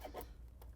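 After an earlier try that did not go all the way in, a cable plug is pushed again into an equipment port, with brief rubbing sounds early on. It seats with a single short click at 0.6 s, and the plug is now fully home.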